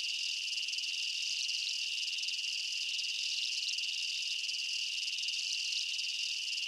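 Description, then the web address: Insect chorus, an unbroken shrill high-pitched chirring throughout. Night ambience in a jungle, insects and bugs chirping. "Blastwave INSECTS Amb Night Jungle BU. ambience insects chirps night jungle bugs"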